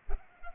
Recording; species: mosquito wingbeat signal from an infrared sensor; Culex pipiens